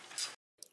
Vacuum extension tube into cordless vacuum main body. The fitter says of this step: Insert the tube until click sound heard